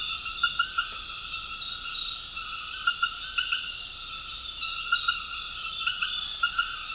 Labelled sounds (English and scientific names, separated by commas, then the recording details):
none
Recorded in dense forest near Puerto Asís, Putumayo, Colombia, on 4 March 2025 at 20:00
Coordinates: 0.484, -76.325
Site G045